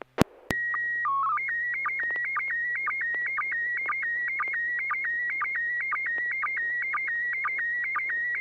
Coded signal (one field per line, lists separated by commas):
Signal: SSTV (slow-scan television)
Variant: PD 120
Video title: N6NA SSTV Net - 12/20/2023